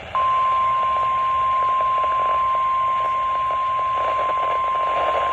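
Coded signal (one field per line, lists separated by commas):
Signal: Emergency Alert System (SAME) tones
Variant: 1050 Hz attention tone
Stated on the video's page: Severe thunderstorm warning from NOAA weather radio transmitter on 162.550 MHz.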